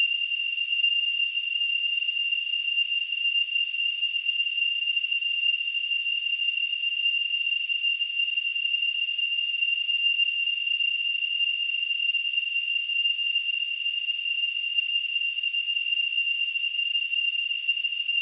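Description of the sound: Simulated tinnitus: a steady, continuous high-pitched tone near 3 kHz over a faint surrounding hiss, unchanging throughout.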